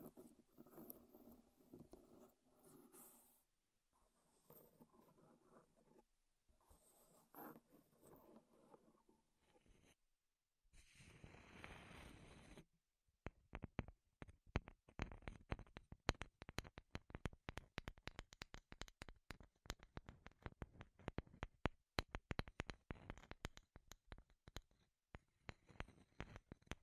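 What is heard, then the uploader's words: Wooden tapping and rubbing sounds shift through several short segments in the first ten seconds, with soft scraping and brushing between brief silences. A dense stretch of hiss follows near eleven seconds, then from about thirteen seconds rapid, sharp wooden clicks and taps crackle steadily to the end. ASMR Wood Triggers in Your Ears (No Talking).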